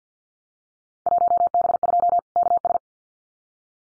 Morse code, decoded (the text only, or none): 1B2 KS